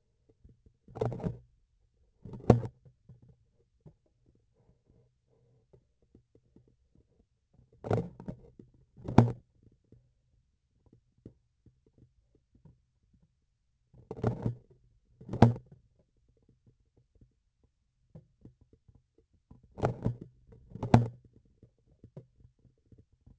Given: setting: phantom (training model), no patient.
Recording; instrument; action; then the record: laparoscopic instrument, vibration sensor on the handle end; grasping forceps; opening and closing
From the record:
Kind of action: tool actuation without material contact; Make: other than Olympus